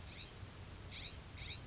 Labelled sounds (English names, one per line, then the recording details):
California Scrub-Jay
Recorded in Sonoma County, California